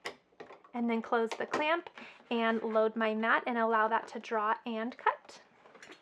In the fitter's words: i will load that into clamp a until i hear the click